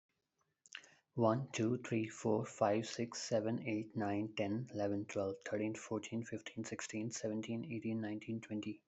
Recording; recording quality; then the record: counting at a fast pace; excellent, no background noise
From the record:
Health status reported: healthy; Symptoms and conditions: none ticked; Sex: male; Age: 27 years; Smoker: not ticked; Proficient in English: yes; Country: India